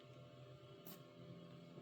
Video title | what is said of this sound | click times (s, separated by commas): Jaeger Scout Fighter | So, it locks in place very nicely. | 0.9 s